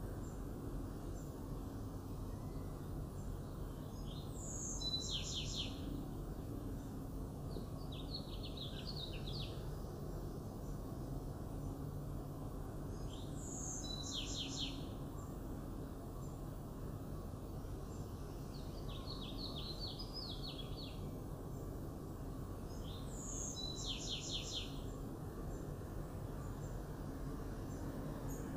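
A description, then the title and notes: Birds sing in short, bright bursts that repeat at a steady pace, roughly every four to five seconds, with a few quieter calls between them. Underneath runs a constant low rumble that stays even throughout. Birds Singing.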